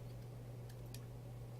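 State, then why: Seated. A rosette is pushed onto the fixture base and turned clockwise until it snaps on. A sharp click is heard at 0.9 s over a steady low hum, and the rosette is seated.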